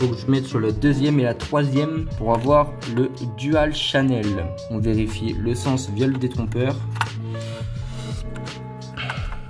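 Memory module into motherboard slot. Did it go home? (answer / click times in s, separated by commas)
no / none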